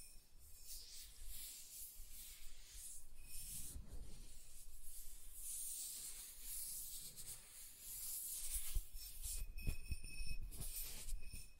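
Soft tracing across smooth and rough surfaces makes a steady, airy rubbing hiss, with brief low thumps and brighter scratches near the end.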